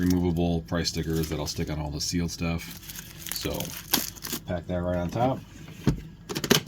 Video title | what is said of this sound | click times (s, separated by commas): Vendor Vlog 2 | Close it up. This one will lock again. So, that's nice and secure. | 6.4 s, 6.5 s